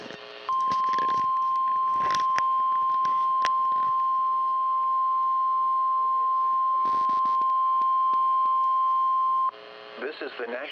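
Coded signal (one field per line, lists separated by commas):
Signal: Emergency Alert System (SAME) tones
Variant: 1050 Hz attention tone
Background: speech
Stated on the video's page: Compilation of EAS test tones received in November 2022.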